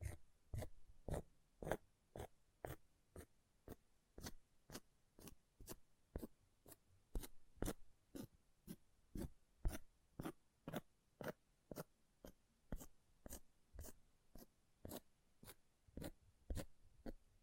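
An object scratching in short, sharp strokes, about two per second, repeating steadily for the whole stretch. Each stroke is a quick, bright rasp with a crisp edge, separated by near silence, and the rhythm stays even from start to finish.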